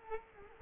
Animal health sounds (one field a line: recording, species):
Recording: mosquito wingbeat signal from an infrared sensor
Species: Culex quinquefasciatus